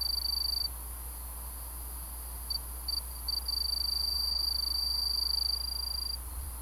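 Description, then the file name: Kinhibari cricket trilling: a high, pure trill, then a pause, a few short broken bursts and a long even trill, over low background hum. Recorded on 6 May 2015. "20150506 A-kinhibari"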